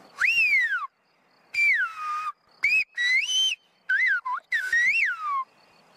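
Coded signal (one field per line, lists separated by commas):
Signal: whistled language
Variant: whistled Occitan (Aas)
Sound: loud piercing whistle rising and falling in pitch, about seven speech-like phrases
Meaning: I'm going up the mountain, do you want me to bring you something up the mountain?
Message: je monte à la montagne est-ce que tu veux que je te porte quelque chose à la montagne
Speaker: il siffle l'occitant je monte à la montagne est-ce que tu veux que je te porte quelque chose à la montagne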